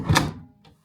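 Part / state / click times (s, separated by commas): removable top section latching onto a stackable tool storage box / seated / 0.2 s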